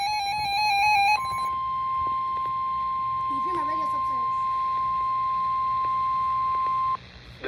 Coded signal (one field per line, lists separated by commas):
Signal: Emergency Alert System (SAME) tones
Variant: 1050 Hz attention tone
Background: speech, music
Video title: SLIGHTLY SEVERE… | EAS Alerts from 4/17/24 | EAS 106-135 |